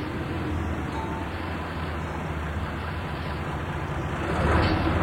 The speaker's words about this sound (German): Eine Diesellok zieht den Zug. Der Mann mit der Pfeife dirigiert den Zugführer. Er signalisiert ihm, wann ein voller Wagen genau vor der Schachtluke steht.